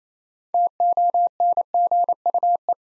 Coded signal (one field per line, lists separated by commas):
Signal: Morse code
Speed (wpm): 29 wpm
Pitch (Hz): 700 Hz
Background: none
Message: TONGUE